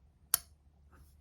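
The blade of a Sharp by Design Micro EVO 2.0 folding knife is closed and drops off a ramp into its closed position in the handle, with a slight "suck closed" feel that is less pronounced than a detent. A single sharp, bright click at 0.3 s marks the blade seating fully closed, followed by quiet.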